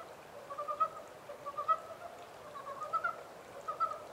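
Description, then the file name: Frog giving short doubled or tripled clucking pulses, about one burst per second, with light hiss behind. Recorded 14 April 2010 at 03:17. "yamaakagaeru-20100414-0317"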